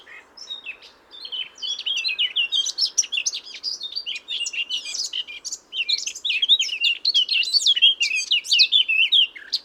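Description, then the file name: Eurasian blackcap song: a fast, jumbled warble of high twittering notes and short whistles, almost continuous. "Sylvia atricapilla"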